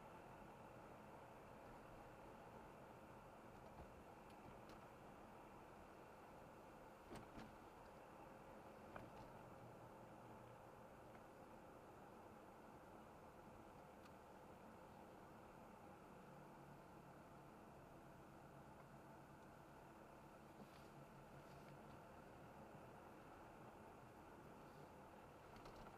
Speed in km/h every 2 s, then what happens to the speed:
44, 43, 43, 42, 43, 41, 39, 39, 37, 37, 38, 39, 39.
0-26 steady at about 39.